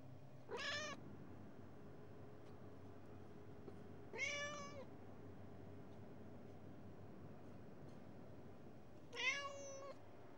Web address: BBC Sound Effects Library. Persian Cat